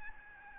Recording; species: mosquito wingbeat signal from an infrared sensor; Aedes albopictus